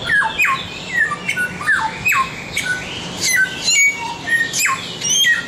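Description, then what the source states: Samyong singing a string of slurred downward whistles and short harsh squawks, notes coming roughly every half second. Masteran recording, meaning a training recording for songbirds.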